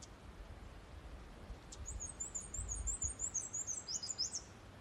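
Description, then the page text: Black-and-white warbler singing a high, wiry string of rapid two-part squeaks for nearly three seconds, the last few phrases slightly lower, over a soft steady background hiss. Recorded in Maryland. "Black-and-white Warbler by Josh Emm"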